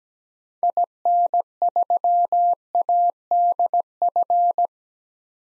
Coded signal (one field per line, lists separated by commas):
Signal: Morse code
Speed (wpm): 17 wpm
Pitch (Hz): 700 Hz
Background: none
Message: IN3ADF